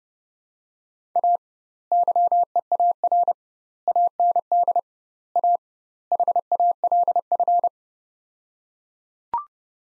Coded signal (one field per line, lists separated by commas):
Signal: Morse code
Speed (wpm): 30 wpm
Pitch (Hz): 700 Hz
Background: none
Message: A YEAR AND A HALF